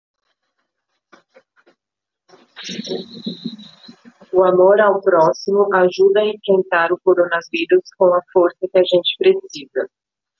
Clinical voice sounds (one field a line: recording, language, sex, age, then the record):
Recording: spoken sentence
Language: Brazilian Portuguese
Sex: female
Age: 40 to 49 years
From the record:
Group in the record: control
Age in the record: 47 years